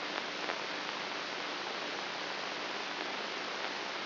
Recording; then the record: brain microelectrode recording played as sound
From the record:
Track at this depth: inside the subthalamic nucleus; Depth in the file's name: 5.84 mm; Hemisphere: right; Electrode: 3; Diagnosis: Parkinson's disease